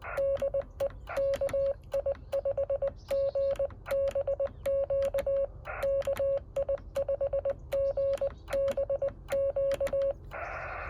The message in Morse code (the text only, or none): DE KI5GBQ KI5GBQ